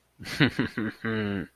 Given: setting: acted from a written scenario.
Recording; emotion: vocal sound without words; contempt